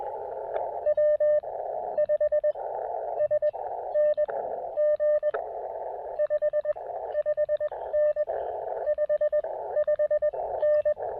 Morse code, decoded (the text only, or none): W 5 S N G 5 5N 55N